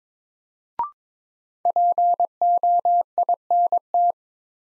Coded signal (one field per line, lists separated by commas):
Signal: Morse code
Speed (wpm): 21 wpm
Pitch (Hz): 700 Hz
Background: none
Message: POINT